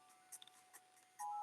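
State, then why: Not seated. A rotated arm unit of a plastic Transformers Missing Link Ultra Magnus transforming robot toy is handled as it is pushed toward its locked position in the robot body. Short, light plastic taps sound at about 0.3, 0.4 and 0.5 s over a faint background hum, and a steady tone rises from 1.2 s to the end. Nothing has seated or clicked yet; the part has not locked into place.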